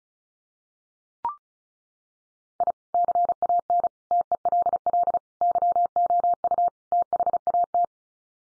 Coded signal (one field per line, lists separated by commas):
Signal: Morse code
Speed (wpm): 34 wpm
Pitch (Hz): 700 Hz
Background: none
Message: I CAN TELL YOU THAT